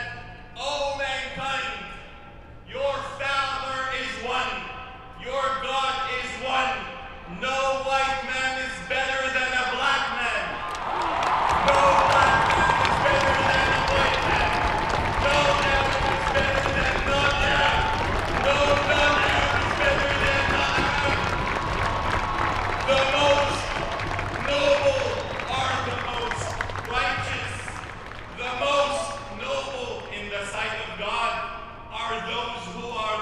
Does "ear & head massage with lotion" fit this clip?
no